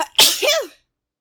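A single acted sneeze: a short indrawn breath, then a sharp hissing burst that trails off into a falling vocal tail, a sneeze that comes again after an earlier one.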